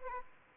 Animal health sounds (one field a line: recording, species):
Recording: mosquito wingbeat signal from an infrared sensor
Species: Anopheles gambiae